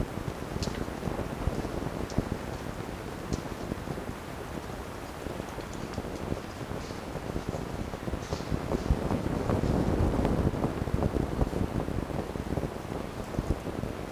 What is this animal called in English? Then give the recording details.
Red Fox. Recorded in captivity. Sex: group. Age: diverse. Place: Zoologisches Institut der HUB, Berlin, DE. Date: 1954-04-25 12:45. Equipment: Elmetra. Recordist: Tembrock, Günter